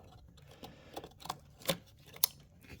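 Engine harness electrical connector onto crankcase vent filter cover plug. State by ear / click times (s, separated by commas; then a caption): seated / 2.2 s. The plastic electrical connector on the crankcase vent (CCV) filter cover harness of a 6.7 Cummins engine is pushed back onto its mating plug. A few faint plastic taps and rattles come first, then a sharp, bright click at 2.2 s as it snaps home. The connector is seated.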